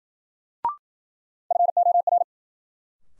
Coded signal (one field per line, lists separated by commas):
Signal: Morse code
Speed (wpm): 53 wpm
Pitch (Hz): 700 Hz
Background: none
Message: FOR